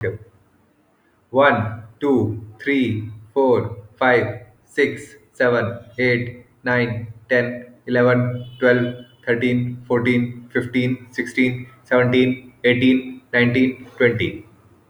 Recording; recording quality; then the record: counting at a normal pace; excellent, no background noise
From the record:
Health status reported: exposed to COVID-19, no respiratory illness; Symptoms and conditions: loss of smell and taste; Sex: male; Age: 33 years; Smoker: not ticked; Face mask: not worn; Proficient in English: yes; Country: India